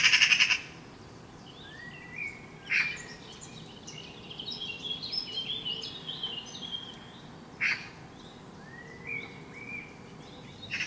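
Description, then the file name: Eurasian magpie giving a few short, harsh rasping bursts spaced several seconds apart, while other birds whistle and trill in the background. "Pica pica"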